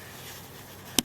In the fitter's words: are also two up here usually if you go to one and push it will snap right off you